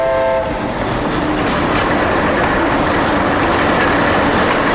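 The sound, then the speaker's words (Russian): A freight train rolls past with a loud, steady roar of wheels and clattering cars, a brief horn tone sounding at the very start before the dense rumble takes over. “Идет товарный поезд.”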